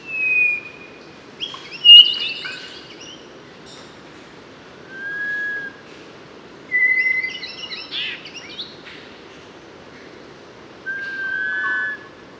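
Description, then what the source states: Mangrove robin short, pure whistled notes scattered between bursts of busy chattering calls, with quiet gaps between phrases. Papua New Guinea.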